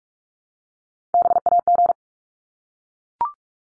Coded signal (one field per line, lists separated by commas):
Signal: Morse code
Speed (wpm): 44 wpm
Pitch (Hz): 700 Hz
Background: none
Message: BAG